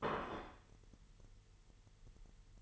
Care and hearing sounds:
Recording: daily activity, microphone in the room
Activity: place plate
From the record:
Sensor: 4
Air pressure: 989.4 hPa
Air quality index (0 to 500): 212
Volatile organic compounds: 61 ppm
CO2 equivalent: 3425 ppm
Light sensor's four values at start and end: 26/91/33/35 and 26/91/33/35

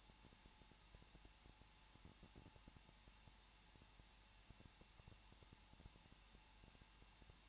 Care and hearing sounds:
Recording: daily activity, microphone in the room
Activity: no activity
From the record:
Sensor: 1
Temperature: 20.0 degrees Celsius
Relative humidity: 39.4%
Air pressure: 1006.4 hPa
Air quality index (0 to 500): 219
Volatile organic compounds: 83 ppm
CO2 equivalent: 3632 ppm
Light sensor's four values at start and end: 1/2/1/1 and 1/2/1/1

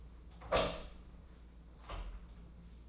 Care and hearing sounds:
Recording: daily activity, microphone in the room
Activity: open door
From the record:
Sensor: 1

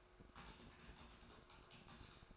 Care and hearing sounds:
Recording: daily activity, microphone in the room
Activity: typing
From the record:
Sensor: 2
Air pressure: 1004.3 hPa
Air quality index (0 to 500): 188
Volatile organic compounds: 10 ppm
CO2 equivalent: 2250 ppm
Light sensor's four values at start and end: 4/11/4/4 and 4/11/4/4

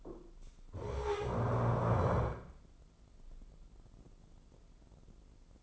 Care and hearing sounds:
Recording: daily activity, microphone in the room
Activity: stand up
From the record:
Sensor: 5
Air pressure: 996.1 hPa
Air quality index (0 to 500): 244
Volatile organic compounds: 449 ppm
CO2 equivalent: 4748 ppm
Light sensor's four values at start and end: 154/368/155/169 and 153/368/155/169

